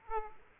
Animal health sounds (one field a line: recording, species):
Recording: mosquito wingbeat signal from an infrared sensor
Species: Aedes aegypti